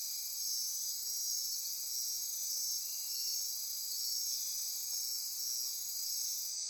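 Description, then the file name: Many insects trilling at once, a persistent high buzzing chorus that swells and eases slightly in loudness. Insect chorus recorded at midnight near Corcovado. "Wind-is-the-Original-Radio-Fridays 20240628 Andy-Martin Midnight-Insect-Chorus-Near-Corcovado"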